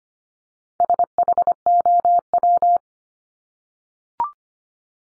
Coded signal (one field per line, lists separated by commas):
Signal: Morse code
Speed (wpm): 25 wpm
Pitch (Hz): 700 Hz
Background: none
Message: SHOW